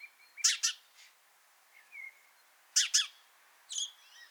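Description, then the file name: House sparrow calling with two loud paired chirps and a softer chirp at the end. A faint thin whistle is heard between them. "Passer domesticus"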